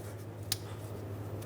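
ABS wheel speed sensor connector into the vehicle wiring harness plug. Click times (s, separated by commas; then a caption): 0.5 s. An ABS wheel speed sensor's electrical connector, already plugged into the vehicle wiring harness plug on a 2003-2009 Dodge RAM 2500, has its locking tab pushed down. A single sharp click at 0.5 s stands out over a steady low hum. The connector lock is shut and the connector is seated.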